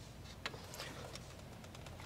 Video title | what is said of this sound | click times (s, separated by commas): How to install plug and play amplifiers into your 2014+ Toyota Tundra Non JBL | should get a click okay | 0.5 s